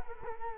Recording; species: mosquito wingbeat signal from an infrared sensor; Culex quinquefasciatus